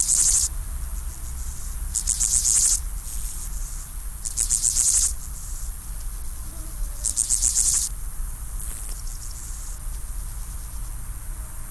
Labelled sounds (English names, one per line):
Steppe Grasshopper stridulation